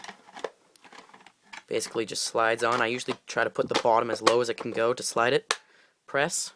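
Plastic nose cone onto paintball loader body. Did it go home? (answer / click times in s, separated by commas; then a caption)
no / none. The plastic nose cone of an Empire Prophecy paintball loader is lined up and slid onto the loader body before being pressed home, giving a few faint, short plastic taps and scrapes in the first 1.5 seconds. Someone then talks for the rest of the clip. The nose cone has not yet seated or clicked into place.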